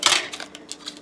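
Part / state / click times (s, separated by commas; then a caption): printed plastic back cover into the tester case / seated / 0.1 s. The 3D-printed PLA back cover of a GM328A component tester case is pressed onto the case after the battery and circuit board are clipped in. A sharp plastic snap comes at 0.1 s, followed by fainter light ticks around 0.3, 0.4, 0.7 and 0.9 s. The back cover is seated, snapped into place.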